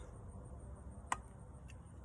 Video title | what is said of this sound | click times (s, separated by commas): Raven R20 UNBOXING and ASSEMBLY | so now you know you're locked in and ready to go | 1.1 s